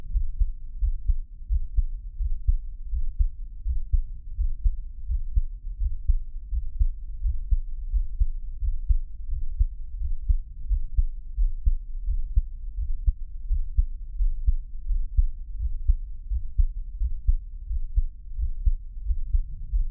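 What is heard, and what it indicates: Soft, deep thumps repeat steadily at about 86 beats a minute, with a low muffled hum underneath and no voice. It is an adult's own heartbeat heard close up, a Taiwanese ASMR piece with no talking.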